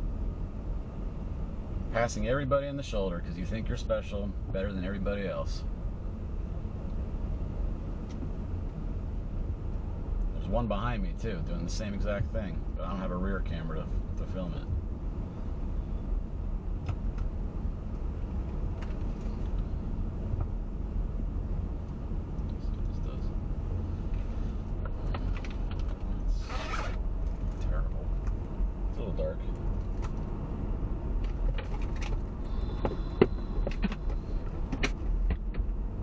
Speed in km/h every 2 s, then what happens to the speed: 21, 19, 19, 21, 23, 26, 26, 27, 26, 26, 26, 27, 29, 31, 35, 39, 40, 37.
0-31 speeds up to 40.